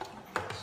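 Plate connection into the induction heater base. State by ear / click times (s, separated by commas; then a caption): seated / 0.4 s. The salvaged induction heating plate is put back on, and its connection is pushed into the induction heater base. It snaps into place with a short, sharp click at 0.4 s, with fainter taps near the start and end of the clip.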